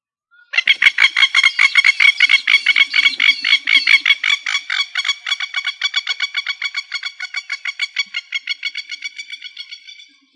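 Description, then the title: Australorp chicken cackling in a long run of rapid, harsh clucks, gradually fading. "manok ostrali"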